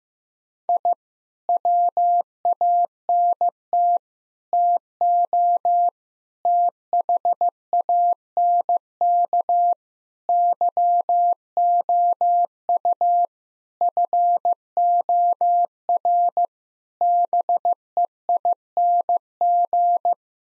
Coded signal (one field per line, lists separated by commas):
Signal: Morse code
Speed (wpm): 15 wpm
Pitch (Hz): 700 Hz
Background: none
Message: I WANT TO THANK YOU FOR BEING